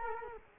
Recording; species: mosquito wingbeat signal from an infrared sensor; Culex quinquefasciatus